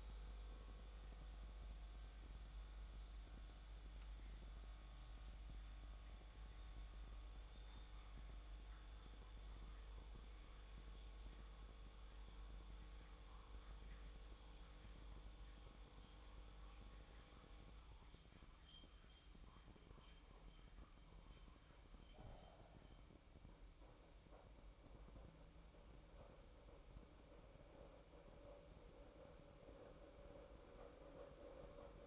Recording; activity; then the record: daily activity, microphone in the room; make coffee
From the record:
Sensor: 1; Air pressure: 1007.4 hPa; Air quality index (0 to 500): 80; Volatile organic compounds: 1 ppm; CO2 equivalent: 695 ppm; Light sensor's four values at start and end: 7/17/7/7 and 8/19/8/9